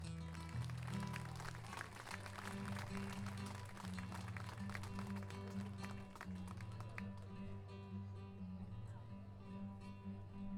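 A crowd claps in a dense, steady patter over a sustained musical drone, the applause thinning out and fading away in the last few seconds.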